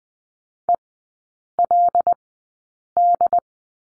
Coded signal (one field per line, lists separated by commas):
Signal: Morse code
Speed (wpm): 20 wpm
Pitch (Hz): 700 Hz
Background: none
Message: ELD